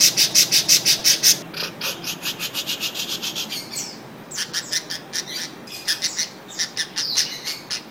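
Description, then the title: Oriental magpie-robin singing: fast repeated high buzzy notes give way to scratchy, rasping phrases and varied sharp chirps with short gaps. Described as a champion bird singing vigorously and continuously (gacor in Indonesian); a master recording for tutoring songbirds. "Kacer Juara Gacor"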